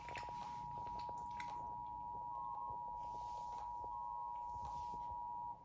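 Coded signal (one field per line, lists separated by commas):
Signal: Emergency Alert System (SAME) tones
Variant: 853 and 960 Hz attention tone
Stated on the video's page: High Wind Warning alert on WSKY-TV.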